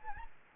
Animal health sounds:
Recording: mosquito wingbeat signal from an infrared sensor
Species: Aedes albopictus

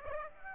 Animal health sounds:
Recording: mosquito wingbeat signal from an infrared sensor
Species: Aedes aegypti

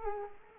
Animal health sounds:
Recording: mosquito wingbeat signal from an infrared sensor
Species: Culex quinquefasciatus

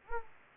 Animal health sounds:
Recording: mosquito wingbeat signal from an infrared sensor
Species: Anopheles gambiae

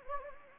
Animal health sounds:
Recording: mosquito wingbeat signal from an infrared sensor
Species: Anopheles gambiae

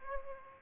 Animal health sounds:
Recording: mosquito wingbeat signal from an infrared sensor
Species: Aedes aegypti

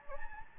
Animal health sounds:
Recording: mosquito wingbeat signal from an infrared sensor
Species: Anopheles gambiae

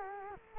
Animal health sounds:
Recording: mosquito wingbeat signal from an infrared sensor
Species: Culex quinquefasciatus

